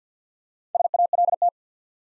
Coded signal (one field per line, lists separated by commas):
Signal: Morse code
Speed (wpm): 48 wpm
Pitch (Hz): 700 Hz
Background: none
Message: SALT